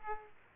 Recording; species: mosquito wingbeat signal from an infrared sensor; Aedes aegypti